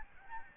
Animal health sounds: mosquito wingbeat signal from an infrared sensor; Aedes albopictus

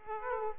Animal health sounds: mosquito wingbeat signal from an infrared sensor; Aedes aegypti

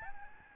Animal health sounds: mosquito wingbeat signal from an infrared sensor; Aedes albopictus

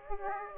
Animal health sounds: mosquito wingbeat signal from an infrared sensor; Aedes aegypti

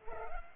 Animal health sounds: mosquito wingbeat signal from an infrared sensor; Culex pipiens

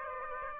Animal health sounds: mosquito wingbeat signal from an infrared sensor; Aedes aegypti

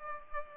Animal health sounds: mosquito wingbeat signal from an infrared sensor; Culex pipiens

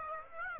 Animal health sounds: mosquito wingbeat signal from an infrared sensor; Aedes aegypti

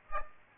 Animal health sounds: mosquito wingbeat signal from an infrared sensor; Aedes aegypti

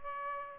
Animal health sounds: mosquito wingbeat signal from an infrared sensor; Aedes aegypti

